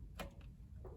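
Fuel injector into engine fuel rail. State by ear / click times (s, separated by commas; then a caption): not seated / none. An oiled, rebuilt fuel injector is wiggled into its fuel rail port on a Bronco, where it should snap in once the O-ring seats so it will seal perfectly. A sharp tick at 0.2 s and a fainter one at 0.4 s sit over a steady low hum. Nothing has seated or clicked home yet.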